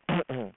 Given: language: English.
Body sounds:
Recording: throat vibration sensor signal played as sound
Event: throat clearing

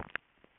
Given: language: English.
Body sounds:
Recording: throat vibration sensor signal played as sound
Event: swallow

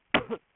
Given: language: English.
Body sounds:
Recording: throat vibration sensor signal played as sound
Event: cough

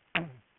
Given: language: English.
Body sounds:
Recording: throat vibration sensor signal played as sound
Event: throat clearing

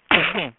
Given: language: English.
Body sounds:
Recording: throat vibration sensor signal played as sound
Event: cough

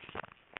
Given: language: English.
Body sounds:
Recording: throat vibration sensor signal played as sound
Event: swallow

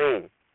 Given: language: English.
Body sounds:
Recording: throat vibration sensor signal played as sound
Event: speech

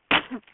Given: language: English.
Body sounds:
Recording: throat vibration sensor signal played as sound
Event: cough

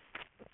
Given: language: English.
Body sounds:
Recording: throat vibration sensor signal played as sound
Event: swallow

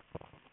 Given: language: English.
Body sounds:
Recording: throat vibration sensor signal played as sound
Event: swallow

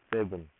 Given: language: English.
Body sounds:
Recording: throat vibration sensor signal played as sound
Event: speech

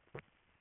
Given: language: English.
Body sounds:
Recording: throat vibration sensor signal played as sound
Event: swallow

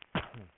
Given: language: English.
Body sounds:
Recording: throat vibration sensor signal played as sound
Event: cough

